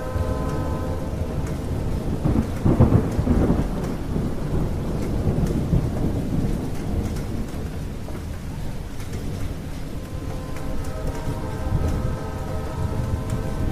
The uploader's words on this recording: Windy Mountain Thunderstorm With Train In The Distance. Rain beginning to fall on the roof of your mountain getaway.